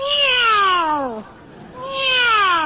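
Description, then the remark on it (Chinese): Asked to imitate a dragon's cry, a person imitates a cat instead, giving two long, drawn-out meows with falling pitch and rich harmonics, separated by a brief pause. “这是猫。”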